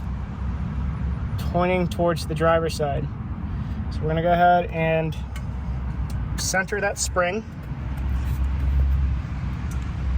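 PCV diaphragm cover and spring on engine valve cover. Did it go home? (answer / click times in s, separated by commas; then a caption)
no / none. On a 2010–2014 Volkswagen GTI, during replacement of the PCV diaphragm for code P2187, the diaphragm spring and plastic PCV cover are centered and lined up on the engine valve cover before being pressed down. Someone talks over a steady low hum, and nothing has seated or clicked yet.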